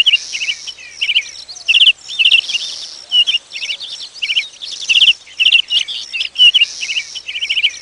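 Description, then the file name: Bird song, lively twittering with repeated short trilled phrases and squeaky chirps, bursts rising and falling over several seconds. Bird-sound ringtone, April 2022. "tono pajaros"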